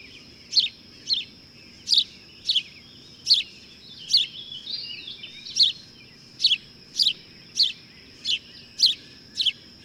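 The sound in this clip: Bird chirping in sharp, high, clipped notes repeated roughly every half second to second, with a faint warbled phrase midway and a constant high thin tone behind.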